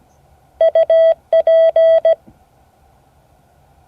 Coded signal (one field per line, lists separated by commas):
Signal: Morse code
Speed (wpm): 17 wpm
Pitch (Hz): 650 Hz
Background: none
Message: UP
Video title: Morse code class 2024-08-08 (9 of 12)